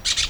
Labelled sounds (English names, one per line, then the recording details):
Brown-throated Parakeet contact call
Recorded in Venezuela
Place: PN Cerro Saroche, Tierras del Sr. Polo, Edo. Lara
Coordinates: 10.171, -69.518